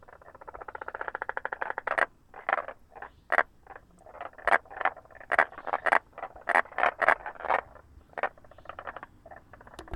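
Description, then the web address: Frog calls as rapid rattling pulses, first a continuous trill, then short bursts repeated every half second to a second. Recorded 6 April 2019. "frog 20190406"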